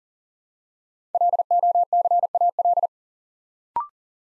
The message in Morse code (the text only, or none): LOCAL